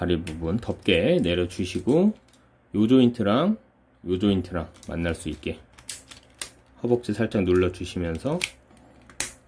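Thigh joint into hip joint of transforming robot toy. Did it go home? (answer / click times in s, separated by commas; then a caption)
yes / 9.2 s. Someone talks while pressing the plastic thigh joint of a Black Mamba IT-02 (MP41) Dinobot transforming robot toy from Beast Wars into its mating hip joint after lowering the leg cover. Light plastic clicks and taps sound around 5.9 s and 6.4 s, then the thigh joint snaps sharply into place at 9.2 s and is seated.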